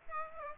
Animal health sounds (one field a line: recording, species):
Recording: mosquito wingbeat signal from an infrared sensor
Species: Aedes aegypti